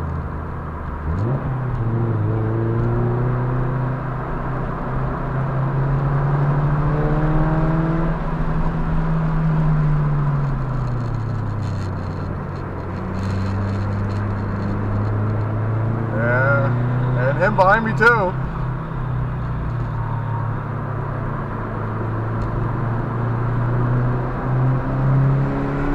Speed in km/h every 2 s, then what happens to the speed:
55, 69, 77, 90, 84, 52, 55, 63, 69, 72, 60, 66, 81.
0-6 speeds up to 90. 6-10 brakes to 52. 10-15 speeds up to 69. 20-26 speeds up to 81.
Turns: 1-5, 8-14, 17-23.